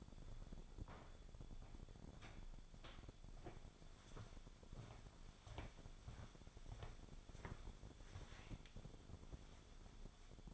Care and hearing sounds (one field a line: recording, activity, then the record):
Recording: daily activity, microphone in the room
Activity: walk to room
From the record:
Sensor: 5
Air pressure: 1000.0 hPa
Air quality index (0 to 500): 88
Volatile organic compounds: 1 ppm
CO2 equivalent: 720 ppm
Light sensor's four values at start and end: 338/841/352/395 and 467/1003/473/562